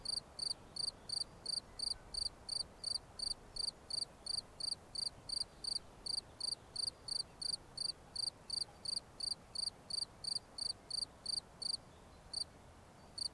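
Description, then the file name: Cricket chirping: short, bright trilled chirps repeated steadily, about three each second, with one brief pause near the end, over a quiet background hiss. "Grillons"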